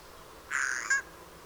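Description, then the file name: Eurasian jay uttering a single grating screech, half a second long, finishing with a brief louder rasp. "Eichelhäher Gesang"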